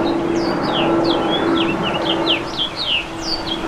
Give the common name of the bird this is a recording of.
House Finch